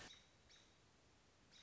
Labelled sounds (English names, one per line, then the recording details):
American Robin
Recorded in Sonoma County, California